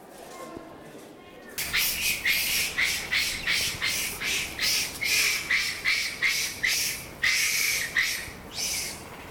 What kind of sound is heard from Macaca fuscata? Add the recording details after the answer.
call. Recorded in captivity. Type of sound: call sequence. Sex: group. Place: Zoo Berlin, Berlin, DE. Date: 1996-01-21 12:10. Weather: sonnig, -8°C. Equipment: Sony MD-WM MZ-R3, Hama Mikro. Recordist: Tembrock, Günter. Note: Laute in der Gruppe